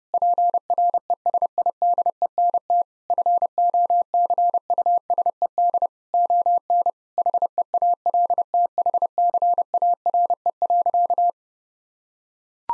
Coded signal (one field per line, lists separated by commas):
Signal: Morse code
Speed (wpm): 32 wpm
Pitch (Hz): 700 Hz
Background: none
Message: PRESIDENT FOCUSED ON HEALTHCARE.